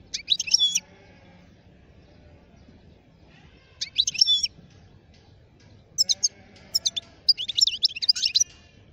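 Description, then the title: European goldfinch song: brief twittering bursts separated by pauses, building into a longer run of rapid, liquid, jingling notes. Wild birds, from a collection. "اجمل غناءالحسون الخلويchant chardonneret sauvage collection"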